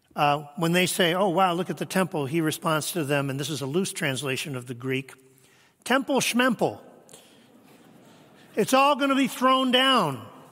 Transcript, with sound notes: when they say, "Oh, wow, look at the temple," he responds to them, and this is a loose translation of the Greek, "Temple shmemple."
(laughs)
"It's all gonna be thrown down."